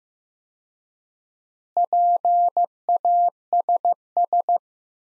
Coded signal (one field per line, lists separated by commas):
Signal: Morse code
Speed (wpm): 15 wpm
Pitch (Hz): 700 Hz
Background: none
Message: PASS